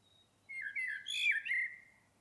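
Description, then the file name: Common blackbird giving one fluted, wavering phrase mixed with thin, high squeaky notes. "Turdus merula"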